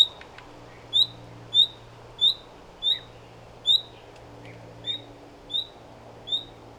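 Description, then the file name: Common nightingale repeating a thin upslurred whistle roughly every seven-tenths of a second, about eight notes, over a quiet background. "Luscinia megarhynchos"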